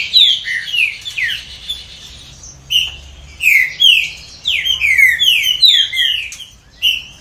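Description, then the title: Green-winged saltator song: ringing whistled notes sliding downward, repeated in groups with brief pauses. "Trinca Ferro"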